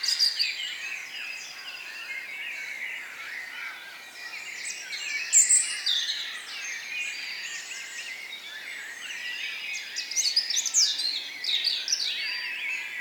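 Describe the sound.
Bird chorus of busy, overlapping high chirps and trills, rising and falling in intensity, with louder bursts of twittering near the middle and toward the end.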